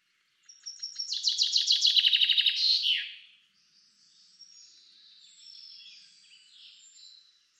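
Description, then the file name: Common chaffinch song: a bright, rapid trill of repeated notes that falls in pitch and ends in a short flourish, followed by faint high twittering. "Fringilla coelebs"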